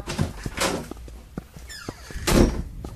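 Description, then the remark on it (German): A door standing slightly ajar is pushed open: a few scraping, rattling bursts, a short falling creak, and a louder thump-and-swish near the end, with no voices. “Die Tür hier steht ein Stück offen.”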